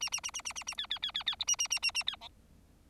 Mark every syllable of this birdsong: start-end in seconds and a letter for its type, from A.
0.00-0.10 A, 0.12-0.20 A, 0.23-0.31 A, 0.34-0.41 A, 0.45-0.53 A, 0.55-0.63 A, 0.67-0.74 A, 0.78-0.86 B, 0.90-0.99 B, 1.02-1.11 B, 1.14-1.23 B, 1.26-1.36 B, 1.39-1.44 C, 1.47-1.56 A, 1.58-1.68 A, 1.70-1.79 A, 1.82-1.91 A, 1.94-2.03 A, 2.07-2.16 B, 2.21-2.28 D